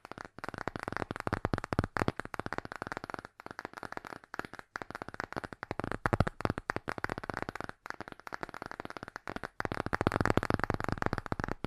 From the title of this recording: ASMR Fast Tapping